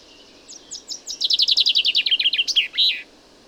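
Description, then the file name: Common chaffinch singing one phrase of about two and a half seconds. Spaced high notes speed into a dense trill, slide lower, and finish with a brief emphatic flourish. "Fringilla coelebs"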